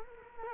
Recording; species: mosquito wingbeat signal from an infrared sensor; Culex quinquefasciatus